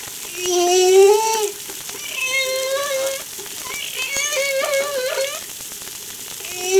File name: Humpback Darewin La Reunion Jul 03 2013